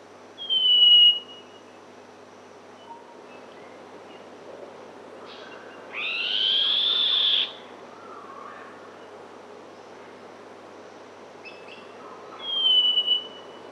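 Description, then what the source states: Northern scrub robin whistles: a short falling whistle, then a long sustained whistle several seconds later, and another short whistle near the end, with quiet hiss between. Papua New Guinea.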